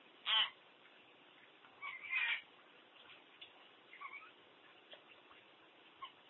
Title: burung beo